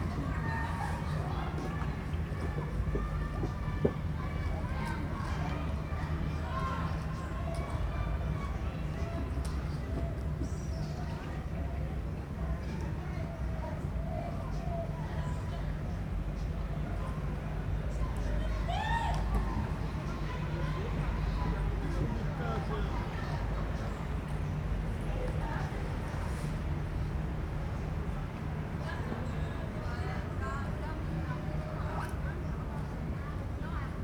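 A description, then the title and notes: Ambience in Belleville Park: a steady low hum of traffic runs underneath a constant murmur of voices and chatter throughout. Brief higher chirps and calls poke through now and then, notably around 10 and 19 seconds, while the overall level stays even. Bellvile Parc. Its a haven of green surrounded by tall apartments. It sits on a hillside, with winding paths through the foliage that lead upwards. Paris splayed out before me, hugged by the grey winter.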